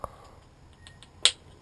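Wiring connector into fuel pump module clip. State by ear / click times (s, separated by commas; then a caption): seated / 1.3 s. On a 2001 Ford E-250 van, the electrical connector on the replacement fuel pump, which only fits one way, is pushed into its retaining clip on the fuel pump module. A faint tick sounds near the start, then a sharp, bright snap at 1.3 s shows the connector has seated in the clip.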